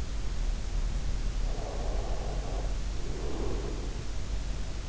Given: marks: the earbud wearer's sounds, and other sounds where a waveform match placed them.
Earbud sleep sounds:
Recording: sounds in sleep by an in-ear microphone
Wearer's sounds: breath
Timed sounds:
1.43-4.24 s: breath

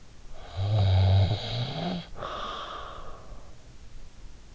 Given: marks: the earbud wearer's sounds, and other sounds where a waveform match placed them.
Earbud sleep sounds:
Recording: sounds in sleep by an in-ear microphone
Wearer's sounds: snoring breath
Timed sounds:
0.06-3.98 s: snoring breath

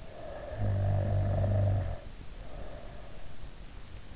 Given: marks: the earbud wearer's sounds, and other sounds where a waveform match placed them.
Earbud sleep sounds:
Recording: sounds in sleep by an in-ear microphone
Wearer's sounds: snoring breath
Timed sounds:
0.02-3.40 s: snoring breath

